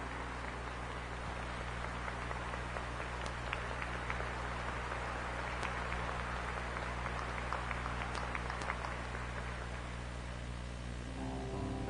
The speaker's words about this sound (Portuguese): Isso, podemos aplaudir forte?